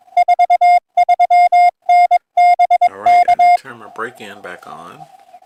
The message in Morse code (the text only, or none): 43N BK